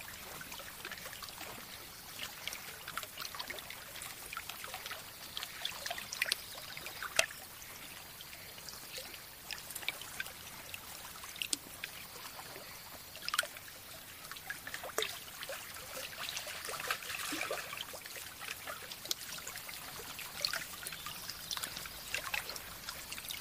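Water laps calmly at a lakeshore, a steady, bright trickling and splashing that stays even throughout. Small sharp drips and splashes pop out every second or two, with stronger ones near 7, 13 and 17 seconds. The low end stays quiet.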